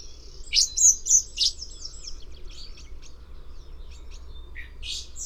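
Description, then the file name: Common blackbird giving a quick run of three or four loud, high, sharp call notes, followed by softer scattered chips over a low constant hum. "Turdus merula"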